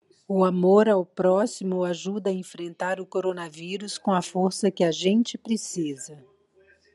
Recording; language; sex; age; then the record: spoken sentence; Brazilian Portuguese; female; 50 to 59 years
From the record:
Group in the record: control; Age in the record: 58 years